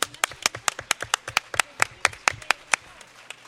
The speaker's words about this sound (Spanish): Un aplauso por Luisito, que no se nos olvide.